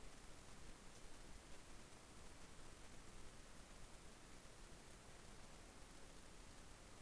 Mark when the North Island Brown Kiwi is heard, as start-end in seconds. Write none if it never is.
none